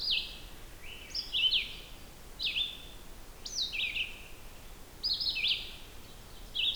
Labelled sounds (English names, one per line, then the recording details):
Red-eyed Vireo song
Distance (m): 20 m
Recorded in boreal forest in Alberta, Canada, on 16 June 2016 at 08:41
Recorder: SongMeter 3, array SBT-3-32
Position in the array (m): 44 m, 16 m